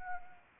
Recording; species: mosquito wingbeat signal from an infrared sensor; Anopheles arabiensis